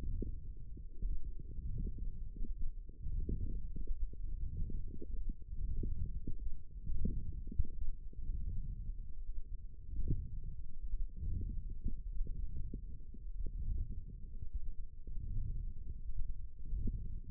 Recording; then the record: forearm muscle sounds (acoustic myography)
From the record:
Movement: wrist flexion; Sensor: system 1, eight BSWA MPA416 microphones around the upper forearm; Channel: 2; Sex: male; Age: 23 years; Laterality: right